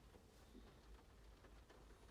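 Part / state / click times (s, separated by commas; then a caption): HT lead boot onto spark plug in engine head / not seated / none. An ignition HT lead boot is handled over a spark plug in the cylinder head of a VW Touran 1.6 Petrol BSE during a spark plug service, ready to be pushed hard down until it clicks on. Only a steady low rumble with faint soft ticks and rustle is heard, with no sharp hit. Nothing has seated or clicked yet.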